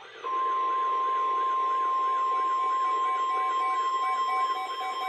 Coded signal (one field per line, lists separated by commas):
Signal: Emergency Alert System (SAME) tones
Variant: 1050 Hz attention tone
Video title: Areal Flood Warning on KWO35 (4/30/23) (EAS 9757)